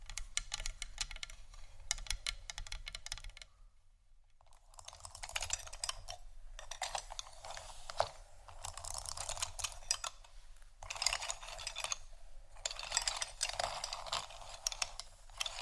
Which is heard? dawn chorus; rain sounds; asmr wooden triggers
asmr wooden triggers